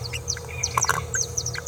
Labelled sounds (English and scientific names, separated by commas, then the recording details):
Green-rumped Parrotlet (Forpus passerinus) babbling
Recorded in a nest box in Venezuela
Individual 18B17A4